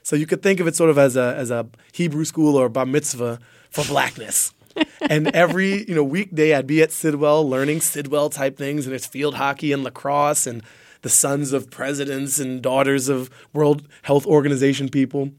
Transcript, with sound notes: So you could think of it sort of as Hebrew school or a bar mitzvah for blackness. (LAUGHTER) And every, you know, weekday I'd be at Sidwell learning Sidwell-type things, and it's field hockey and lacrosse and the sons of presidents and daughters of World Health Organization people.